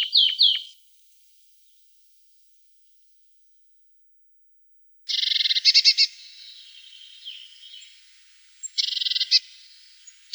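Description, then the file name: Marsh tit calls: a quick run of sharp, descending notes, then after a long pause two harsh, buzzy chattering bursts, each lasting about a second or less. "Gaichka chernogolovaja"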